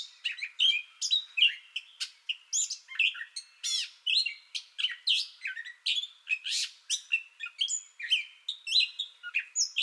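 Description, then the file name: Gray catbird singing a continuous jumbled medley of harsh, squeaky and whistled notes, several phrases per second, with no other sounds. Song bout already in progress, recorded 30 May 2021. "2021-05-30 Gray Catbird Song Bout Already Going"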